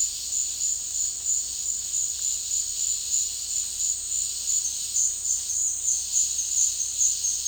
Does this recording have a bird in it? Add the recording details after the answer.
no. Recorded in dense forest near Puerto Asís, Putumayo, Colombia, on 18 February 2024 at 14:30. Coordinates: 0.485, -76.318. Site G6408